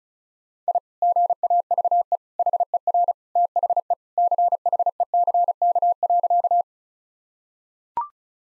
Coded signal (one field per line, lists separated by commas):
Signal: Morse code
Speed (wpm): 36 wpm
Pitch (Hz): 700 Hz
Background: none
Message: I GAVE HER THE CHECK.